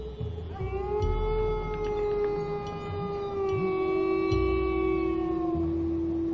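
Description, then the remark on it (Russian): A stray dog, foaming and drooling at the mouth on a deserted street, throws its head back and lets out one long, piercing howl, holding a steady, slightly wavering pitch with bright overtones for several seconds over a low rumbling background. “Увидев меня одного посреди пустынной улицы, она запрокинула голову и пронзительно завыла.”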